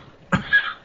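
A single short, dry cough from an adult man, a sharp burst with a brief breathy tail, in a quiet room; he attributes it to a reaction to wheat he ate that night that wasn't non-GMO.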